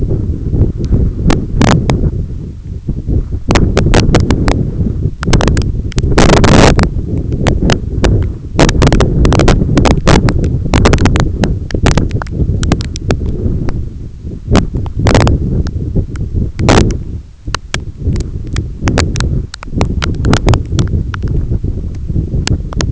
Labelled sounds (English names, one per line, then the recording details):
none
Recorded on Arctic tundra, site EABA-1, on 21 June 2018
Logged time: 16:00